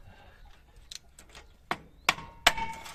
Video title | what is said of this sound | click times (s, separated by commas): Зчеплення важкого мотоблока або як провернуло на 180° вижимний підшипник | він проскочив став на місце Ой | 2.5 s